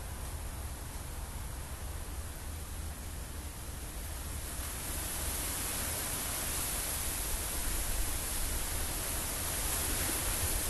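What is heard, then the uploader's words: Wind moves through palm crowns as a dense, steady hiss with a low rumble underneath. Around the fifth second the rush grows brighter and a little louder, holding that fuller, airy level through the end without distinct gusts or other sounds. Caressing the crowns of palms is the wind. By Juraj Kojš.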